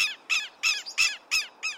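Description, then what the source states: Southern Lapwing giving harsh, strident calls, several grating notes repeated quickly and evenly. Piercing cackles; ground-nesting shorebird of open areas.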